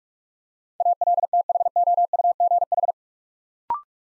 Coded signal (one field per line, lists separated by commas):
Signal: Morse code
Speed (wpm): 46 wpm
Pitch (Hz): 700 Hz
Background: none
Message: ALTHOUGH